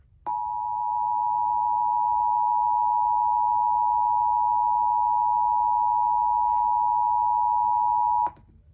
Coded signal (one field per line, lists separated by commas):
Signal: Emergency Alert System (SAME) tones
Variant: 853 and 960 Hz attention tone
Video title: Pennsylvania Required monthly test 3/20/25 EAS#14-#20 ￼